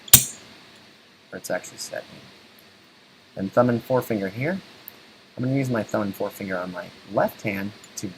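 During reassembly of a Springfield XD .40 pistol, a part is pushed slightly forward and then brought back into the frame, where it seats with a sharp click-thump at 0.1 s. Someone then talks for the rest of the clip.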